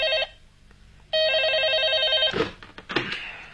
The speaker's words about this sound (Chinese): 果然，3天以后的一个夜晚，刑侦处办公室的电话急骤地响起来。